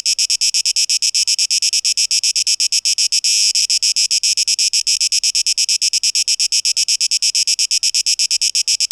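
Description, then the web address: Cicada buzzing in a fast, even pulse train, high and sizzling, with one brief unbroken stretch midway before the rapid beats resume. Tape echo mix, 12 August 2023. "rauschpartikel Audio 2023-08-12 Zikaden"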